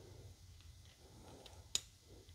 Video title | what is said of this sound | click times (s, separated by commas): How to Diagnose and Fix your HEI Distributor. With driving footage. | You hear it snap? Now it's locked in. | 1.8 s